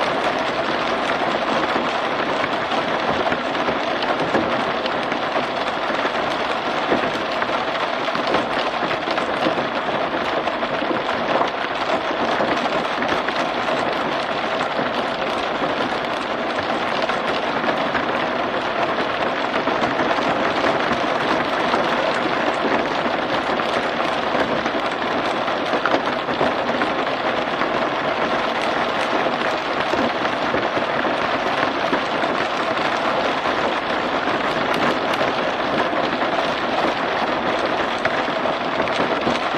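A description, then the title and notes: Rain falls on a car roof in a steady, dense patter that holds at the same level for the whole stretch. The sound is full, with a softer low drumming under a brighter hiss of many small drops and no separate events standing out. Raindrops on a Car Roof. The soothing sound of raindrops falling on a car roof. The pitter-patter of rain on the roof.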